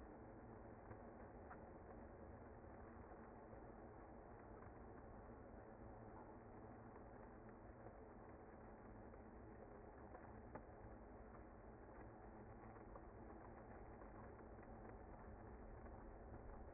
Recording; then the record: honeybee colony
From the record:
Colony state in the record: active